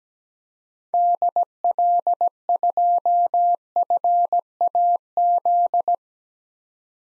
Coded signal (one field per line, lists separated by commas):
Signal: Morse code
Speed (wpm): 17 wpm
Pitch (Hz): 700 Hz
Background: none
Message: DL2FAZ